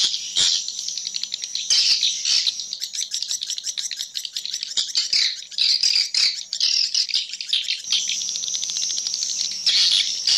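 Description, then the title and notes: Swiftlet calls: a continuous mass of high, buzzy chirps and twitters, with a faint steady low hum in the background at times. Swiftlet sound used in swiftlet farming in Asia. "Swiflet Bird Sound. Farming Swiflet Bird asia sound"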